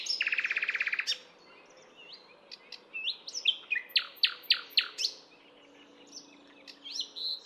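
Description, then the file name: Common nightingale song beginning with a fast buzzy trill, then a run of loud, evenly spaced descending notes and scattered chirps. "Luscinia megarhynchos"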